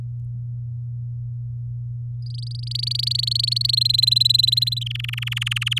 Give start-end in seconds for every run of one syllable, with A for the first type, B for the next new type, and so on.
2.22-3.75 A, 3.77-4.83 B, 4.86-5.79 C